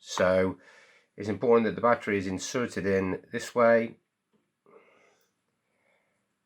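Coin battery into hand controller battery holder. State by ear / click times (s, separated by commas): not seated / none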